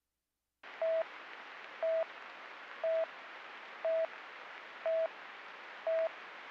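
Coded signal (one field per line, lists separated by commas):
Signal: none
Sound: radio channel alert beeps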